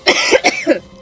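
Adult woman claiming to be sick gives a fake cough.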